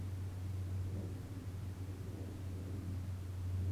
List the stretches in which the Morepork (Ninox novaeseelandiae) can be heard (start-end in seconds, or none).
none